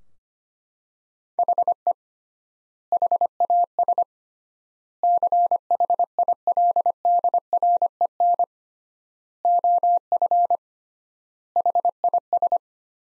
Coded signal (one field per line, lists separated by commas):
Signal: Morse code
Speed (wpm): 25 wpm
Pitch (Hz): 700 Hz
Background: none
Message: HE HAS CHILDREN OF HIS